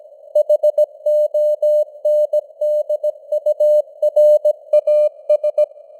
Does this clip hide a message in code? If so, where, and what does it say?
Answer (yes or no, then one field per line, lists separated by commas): yes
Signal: Morse code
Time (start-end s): 0.4-5.6 s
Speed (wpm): 17 wpm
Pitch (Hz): 600 Hz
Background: none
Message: HONDURAS